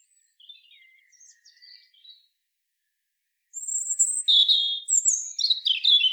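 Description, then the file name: European robin song, faint scattered high notes at first, then after a pause a louder phrase of thin whistles and fast trilled warbles. "Erithacus rubecula"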